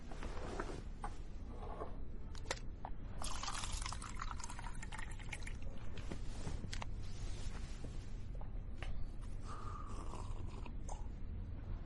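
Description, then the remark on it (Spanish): Water is poured steadily into a glass, a continuous splashing gurgle whose pitch rises near the end as the glass fills. No one speaks. “¿Me puede dar un poco de agua, por favor?”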